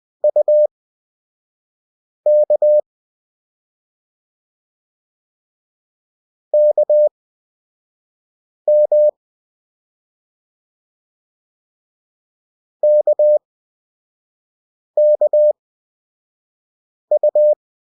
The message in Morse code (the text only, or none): UK KM KKU